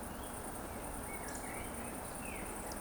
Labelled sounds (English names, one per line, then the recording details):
Eurasian Woodcock whistle
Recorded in Baden-Württemberg, Germany, on 25 June 2020 at 20:04 UTC
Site 14569, 102 m above sea level